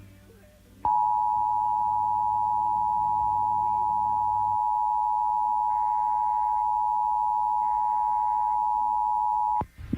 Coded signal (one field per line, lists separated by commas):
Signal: Emergency Alert System (SAME) tones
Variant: 853 and 960 Hz attention tone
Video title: AM FM Radio, TV (EAS 498-499) National Periodic Test 10/3/18